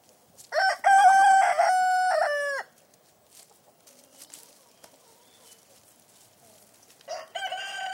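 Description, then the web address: Chicken crowing: a rooster gives a long harmonic cock-a-doodle-doo, then a quiet pause, then another crow begins near the end. Chickens in a yard. "Sound Effects-BBC Chickens"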